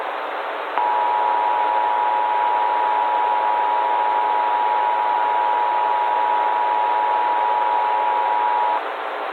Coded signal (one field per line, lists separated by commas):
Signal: Emergency Alert System (SAME) tones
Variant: 853 and 960 Hz attention tone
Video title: EAS Scenario/Analog & Digital Horror - Twosday